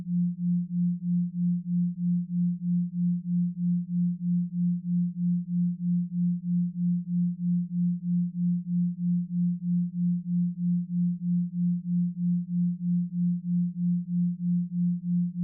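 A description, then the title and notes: A single low, pure tone near 174 Hz holds steady throughout, with a slow, even pulsing in loudness roughly three times per second from the 3.14 Hz binaural beat. Nothing else is present; no higher sounds, no background noise, no changes. 3.14Hz Pi Delta Binaural Beat & 174Hz Solfeggio Frequency.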